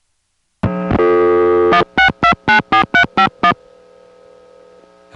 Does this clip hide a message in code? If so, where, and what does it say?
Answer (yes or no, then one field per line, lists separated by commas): yes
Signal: DTMF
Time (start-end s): 1.7-3.5 s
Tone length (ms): 100 ms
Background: music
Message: 16294351